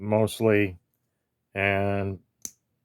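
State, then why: Released. Someone talks, then a button is pressed on a small plastic action-figure bow and its folded arms spring open from their latch with one sharp click at 2.4 seconds. The bow snaps open and is released.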